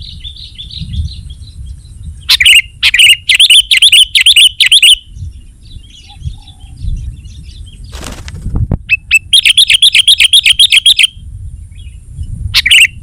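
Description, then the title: Sooty-headed bulbul song: a faint warble, then a fast run of bright bubbly notes, a short pause with a brief rustle, and a second long bubbling run. "kutilang"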